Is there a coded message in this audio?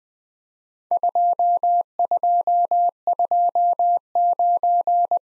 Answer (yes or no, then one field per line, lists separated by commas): yes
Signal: Morse code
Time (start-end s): 0.9-5.2 s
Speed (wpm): 20 wpm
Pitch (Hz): 700 Hz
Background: none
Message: 2229